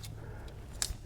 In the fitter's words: all we want to do is slide down till we hear the click and then we're going to slide that primary lock back over